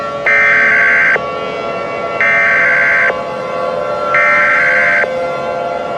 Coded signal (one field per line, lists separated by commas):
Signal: Emergency Alert System (SAME) tones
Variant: header bursts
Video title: EAS Scenario - Emergency Self Destruction System (A Fake EAS Mockup)